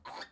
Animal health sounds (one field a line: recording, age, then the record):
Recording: pig call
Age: piglet (1 to 25 days)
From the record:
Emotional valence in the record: negative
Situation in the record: restrain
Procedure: back test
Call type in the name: low-frequency call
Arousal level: maximum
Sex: male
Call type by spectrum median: low-frequency call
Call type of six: low-frequency stable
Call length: 0.32 s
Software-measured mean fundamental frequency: 65 Hz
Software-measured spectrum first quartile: 911 Hz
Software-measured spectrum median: 1661 Hz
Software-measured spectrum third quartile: 3548 Hz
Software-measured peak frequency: 970 Hz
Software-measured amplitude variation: 179 dB a second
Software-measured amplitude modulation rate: 12.7 a second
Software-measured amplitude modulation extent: 14.1 dB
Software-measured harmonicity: 2.5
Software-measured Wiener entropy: -1.88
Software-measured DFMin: 1208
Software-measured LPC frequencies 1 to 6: 888, 1654, 3557, 4509, 6675, 8276 Hz